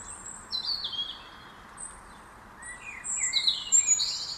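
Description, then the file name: European robin song: thin, high sweeping phrases, some descending, others rising and warbled, in two bursts separated by a pause, over a steady hiss. "Erithacus rubecula"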